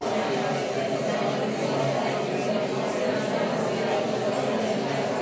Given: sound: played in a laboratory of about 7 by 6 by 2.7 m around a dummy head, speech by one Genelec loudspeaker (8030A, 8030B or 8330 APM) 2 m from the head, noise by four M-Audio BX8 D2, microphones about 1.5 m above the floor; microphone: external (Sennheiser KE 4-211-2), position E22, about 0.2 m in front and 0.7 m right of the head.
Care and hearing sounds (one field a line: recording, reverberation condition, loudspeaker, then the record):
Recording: babble noise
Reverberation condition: medium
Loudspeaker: four, about 170 cm from the corners of the room and facing them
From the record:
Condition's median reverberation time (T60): about 510 ms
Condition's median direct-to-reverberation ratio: about -0.5 dB